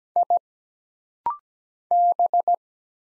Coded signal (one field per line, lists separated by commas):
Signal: Morse code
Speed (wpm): 17 wpm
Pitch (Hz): 700 Hz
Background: none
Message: I B